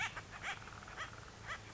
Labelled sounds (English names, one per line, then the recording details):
Acorn Woodpecker
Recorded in Sonoma County, California